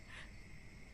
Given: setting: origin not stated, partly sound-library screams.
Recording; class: one-second piece from a danger detection set; normal situation